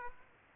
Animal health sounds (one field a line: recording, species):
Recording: mosquito wingbeat signal from an infrared sensor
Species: Aedes aegypti